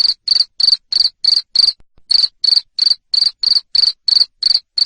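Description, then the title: Cricket giving loud shrill chirps, repeated quickly and evenly with a brief gap near the middle. Loud cricket chirping (Indonesian "jangkrik ngerik") used to stimulate lovebirds to keep singing ("ngekek"). "Suara JANGKRIK NGERIK Keras Bikin LOVEBIRD Jadi NGEKEK Terus Vubey"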